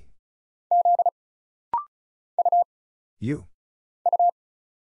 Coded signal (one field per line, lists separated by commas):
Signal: Morse code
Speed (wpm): 36 wpm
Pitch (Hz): 700 Hz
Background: none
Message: Z U U